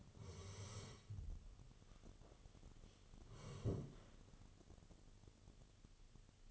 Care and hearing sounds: daily activity, microphone in the room; sit down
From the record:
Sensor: 4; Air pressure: 1016.1 hPa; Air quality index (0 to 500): 165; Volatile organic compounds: 6 ppm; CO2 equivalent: 1876 ppm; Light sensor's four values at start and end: 9/20/8/7 and 9/20/8/7

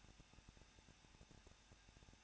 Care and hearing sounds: daily activity, microphone in the room; no activity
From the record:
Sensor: 2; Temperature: 21.0 degrees Celsius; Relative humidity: 37.5%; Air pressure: 1006.3 hPa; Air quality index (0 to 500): 223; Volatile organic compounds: 25 ppm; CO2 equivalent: 2828 ppm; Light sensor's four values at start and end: 2/3/2/2 and 2/3/2/2

